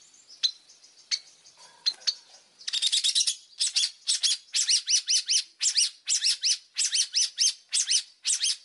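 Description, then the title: Oriental magpie-robin song: soft, thin notes open, then a long run of rapid, buzzy, repeated phrases with brief gaps. Whistled song of an Oriental magpie-robin in full, active voice, used as a lure to prompt other magpie-robins to answer. "Pancingan Suara Siulan Kacer Gacor Mantap Untuk Memancing Kacer Lain Agar Mau Nyaut Bunyi"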